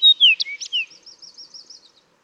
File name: Fox Sparrow